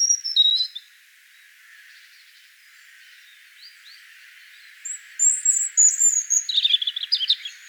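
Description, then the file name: European robin song: a brief high twitter, a quiet pause of several seconds, then a new phrase of thin high whistles and quick jangling trills. "Erithacus rubecula"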